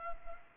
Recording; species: mosquito wingbeat signal from an infrared sensor; Culex pipiens